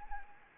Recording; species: mosquito wingbeat signal from an infrared sensor; Anopheles arabiensis